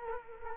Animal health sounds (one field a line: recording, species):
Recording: mosquito wingbeat signal from an infrared sensor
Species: Culex quinquefasciatus